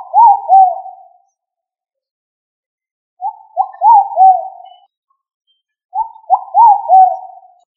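Pigeon cooing, soft low hoarse phrases of three or four bubbling notes, each phrase repeated about every three seconds with quiet between.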